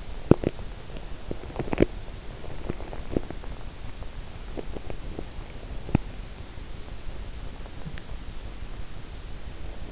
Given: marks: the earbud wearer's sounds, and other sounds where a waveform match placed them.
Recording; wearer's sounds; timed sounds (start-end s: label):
sounds in sleep by an in-ear microphone; teeth grinding
0.00-3.67 s: teeth grinding